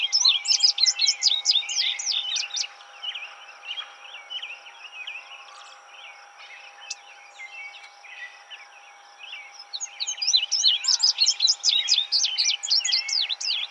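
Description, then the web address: Indigo bunting singing two bright phrases of quick, high paired notes, separated by several seconds of softer background bird chirps. 26 June 2007. "Indigo Bunting 2007 06 26"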